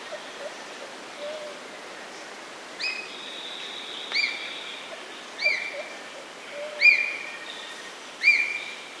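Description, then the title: Ornate hawk-eagle calls, sharp upslurred whistles each trailing into a drawn-out tone, repeated about every one and a half seconds over a soft hiss. Call of a reserved predator of neotropical forests, found from dense forest to wooded cerrado; soars less often. "Gavião de Penacho – Características, Reprodução, Habitat e Canto"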